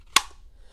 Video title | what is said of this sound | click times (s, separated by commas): TOP 10 BEST GLOCK 19 HOLSTERS ON AMAZON 2025 | with a satisfying click | 0.2 s